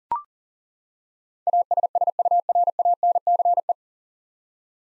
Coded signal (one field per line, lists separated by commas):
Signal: Morse code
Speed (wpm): 38 wpm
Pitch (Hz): 700 Hz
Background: none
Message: ASSURANCE